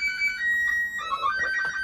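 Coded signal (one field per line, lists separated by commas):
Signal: SSTV (slow-scan television)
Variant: Robot 36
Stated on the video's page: SSTV on 20m, 14.230, at 10W, prepared for a Parks on the Air activation.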